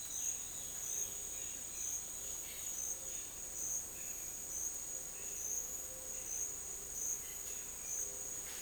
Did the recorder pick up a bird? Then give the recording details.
yes. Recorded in dense forest near Puerto Asís, Putumayo, Colombia, on 22 June 2025 at 12:00. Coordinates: 0.484, -76.325. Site H65